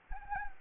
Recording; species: mosquito wingbeat signal from an infrared sensor; Anopheles gambiae